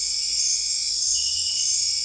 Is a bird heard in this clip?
no